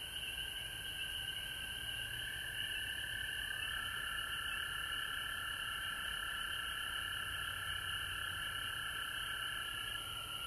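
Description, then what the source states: Frogs calling in a dense chorus, overlapping steady trills blending into continuous bands, with a constant high-pitched hiss above. Recorded at home in Georgia on March 19, 2020.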